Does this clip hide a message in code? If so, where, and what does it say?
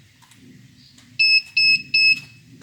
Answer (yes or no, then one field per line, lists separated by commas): no